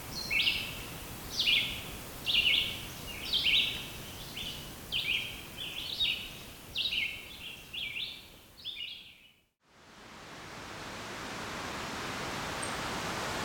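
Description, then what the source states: Red-eyed Vireo song: a run of short slurred phrases, about one a second, for about nine seconds, then an abrupt stop leaving only steady hiss. Red-eyed vireos dominating the recording.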